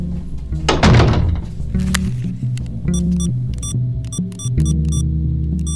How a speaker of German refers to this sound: Du gehst einfach ins Schlafzimmer und machst die Tür zu.